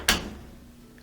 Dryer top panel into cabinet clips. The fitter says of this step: and push down till it clicks.